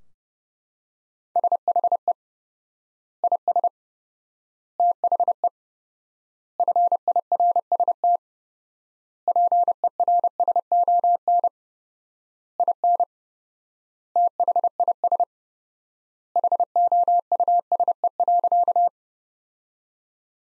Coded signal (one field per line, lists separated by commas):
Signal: Morse code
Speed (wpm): 30 wpm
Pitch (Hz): 700 Hz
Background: none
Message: SHE IS THE FIRST PERSON IN THIS HOUSE.